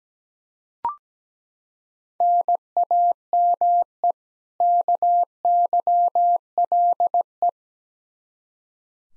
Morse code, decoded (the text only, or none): NAME KYLE